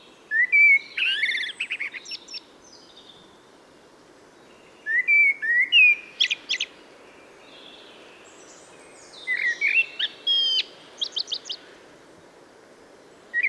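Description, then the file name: Common blackbird singing three mellow warbled phrases about every four to five seconds, each running into a high, scratchy twitter, over a steady background hiss. "Turdus merula"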